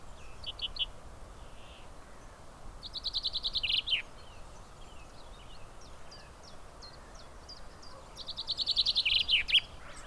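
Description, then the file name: Common chaffinch song: a short trill, then two full rattling descending phrases with a terminal flourish, with faint chirps between them and low rumbling noise. "Fringilla coelebs"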